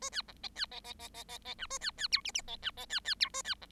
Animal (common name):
Bengalese Finch